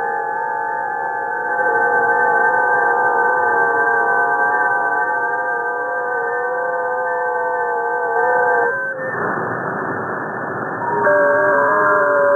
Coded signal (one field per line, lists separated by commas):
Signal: FT8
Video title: SDR GNU Radio GitHub Repositories